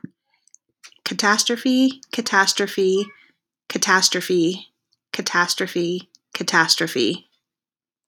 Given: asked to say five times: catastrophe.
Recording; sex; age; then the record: repeated word; female; 30 to 39 years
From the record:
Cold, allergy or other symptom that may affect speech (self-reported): no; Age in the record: 34 years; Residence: Utah, United States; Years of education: 16